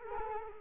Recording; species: mosquito wingbeat signal from an infrared sensor; Culex quinquefasciatus